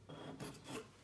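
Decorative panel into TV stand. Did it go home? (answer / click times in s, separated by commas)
no / none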